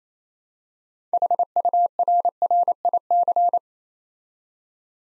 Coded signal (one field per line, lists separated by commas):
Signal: Morse code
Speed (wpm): 27 wpm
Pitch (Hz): 700 Hz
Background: none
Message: HURRIC